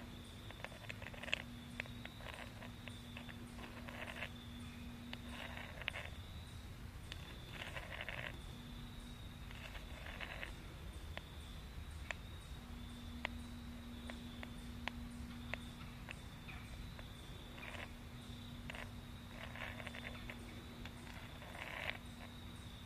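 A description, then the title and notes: An outdoor fall walk with a steady high insect trill, a low hum coming and going, and scattered clicks and brief rustling bursts throughout. Nature Walkabout in Fall.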